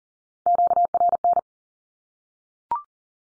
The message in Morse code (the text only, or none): QRN